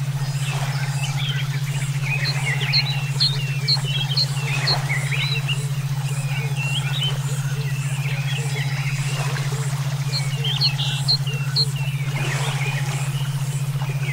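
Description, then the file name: Songbird song, varied sharp chirps and short whistled notes in quick bursts, over a steady low droning tone that runs throughout. Brainwave therapy for training songbirds (omkicau). "terapi brainwave omkicau"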